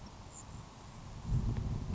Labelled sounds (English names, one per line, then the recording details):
Grasshopper Sparrow
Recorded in Sonoma County, California